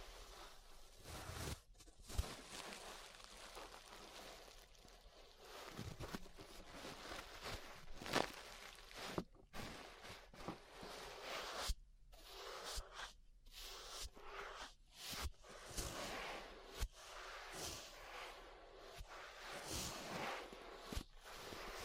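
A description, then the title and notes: Brushing against an ear makes a dense, scratchy rustle that fills the highs and surges and fades irregularly. Sharp clicks and brief silent gaps cut through it, heaviest between about 9 and 16 seconds, with occasional soft low thumps beneath. ASMR Relaxing 3Dio Ear Brushing (No Talking).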